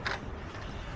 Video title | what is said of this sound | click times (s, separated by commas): VEVOR Retractable Air Hose Reel, 3/8 IN x 50 FT Hybrid Air Hose Max 300PSI Reel | we wait there's a click and we let go right away | 0.1 s